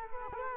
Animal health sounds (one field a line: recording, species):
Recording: mosquito wingbeat signal from an infrared sensor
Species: Culex quinquefasciatus